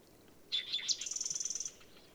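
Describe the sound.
Bird song: a brief high phrase of slurred notes, then an even, rapid trill of about a dozen notes on one high pitch, over faint background hiss.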